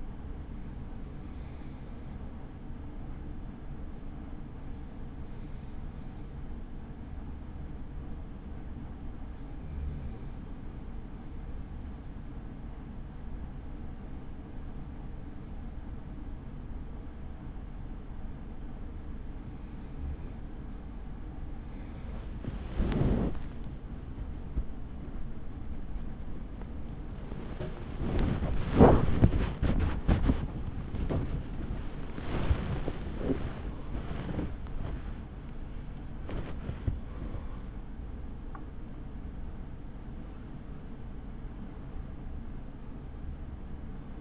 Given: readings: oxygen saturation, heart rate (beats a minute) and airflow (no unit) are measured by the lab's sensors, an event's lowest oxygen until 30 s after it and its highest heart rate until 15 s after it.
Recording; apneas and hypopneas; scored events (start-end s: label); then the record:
breathing in sleep by a smartphone at the bedside; 1
8.00-29.10 s: hypopnea (N2, oxygen 95% highest, then 93% lowest, heart rate 35 at the start, 83 highest)
12.00-42.00 s: new sleep stage, N1 (lightest sleep)
42.00-44.21 s: new sleep stage, REM sleep
From the record:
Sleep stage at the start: N2 (light sleep); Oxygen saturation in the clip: 93 to 96%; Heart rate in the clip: 35 to 83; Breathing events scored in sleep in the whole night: 83 in 6.1 hours asleep